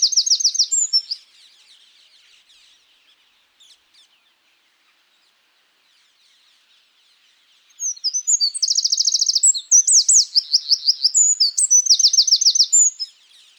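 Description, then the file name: Eurasian wren song: a brief high rattling trill, then after a long silence a second loud burst of fast, sharp, high-pitched trills and chattering notes. "Troglodytes troglodytes"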